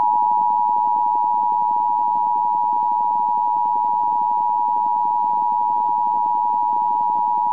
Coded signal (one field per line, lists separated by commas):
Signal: Emergency Alert System (SAME) tones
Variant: 853 and 960 Hz attention tone